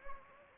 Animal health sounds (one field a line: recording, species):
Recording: mosquito wingbeat signal from an infrared sensor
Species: Anopheles gambiae